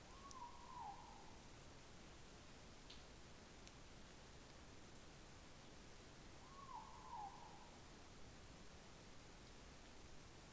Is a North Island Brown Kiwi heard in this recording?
no